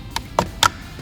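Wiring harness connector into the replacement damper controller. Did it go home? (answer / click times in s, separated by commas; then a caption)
yes / 0.2 s, 0.4 s, 0.6 s. A wiring harness connector is lined up with the pin rows of a new replacement DSC damper controller for a C7 Corvette, pushed in, and its plastic locking tab is folded in. Three sharp clicks sound at 0.2, 0.4 and 0.6 seconds, the last the loudest, as the connector's locking tab clicks home and the connector is seated.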